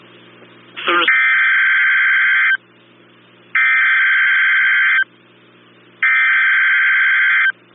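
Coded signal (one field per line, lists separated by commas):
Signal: Emergency Alert System (SAME) tones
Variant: header bursts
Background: speech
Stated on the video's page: Tornado warning tones for a South Carolina statewide tornado drill, on NOAA Weather Radio.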